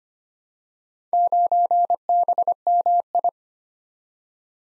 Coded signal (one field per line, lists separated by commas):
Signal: Morse code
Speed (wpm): 25 wpm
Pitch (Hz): 700 Hz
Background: none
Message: 9BMI